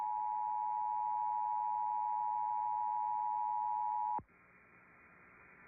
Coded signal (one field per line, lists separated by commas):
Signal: Emergency Alert System (SAME) tones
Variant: 853 and 960 Hz attention tone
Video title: SoCal IS FINALLY GETTING RAIN PART 2... EAS Alerts from 10/14/25 (EAS #6,341 - 6,379)